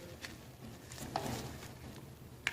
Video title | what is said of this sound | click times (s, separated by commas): Power Mechanics: Toro Engine Reassembly steps 32-End | So this plugs into here, you got to wait for the click. | 2.5 s